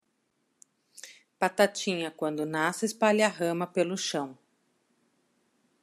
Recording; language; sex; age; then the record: short text; Brazilian Portuguese; female; 50 to 59 years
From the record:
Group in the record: control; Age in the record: 52 years